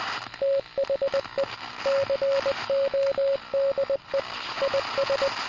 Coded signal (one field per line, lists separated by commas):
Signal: Morse code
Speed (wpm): 20 wpm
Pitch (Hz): 550 Hz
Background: radio noise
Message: THE CODE IS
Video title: Morse code